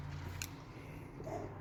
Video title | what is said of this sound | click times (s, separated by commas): Follow this step by step tutorial on how to install your LED lighted handles! #best on the market | Give it some good pressure so that it locks in there really tight. You'll hear it snap in. | 0.4 s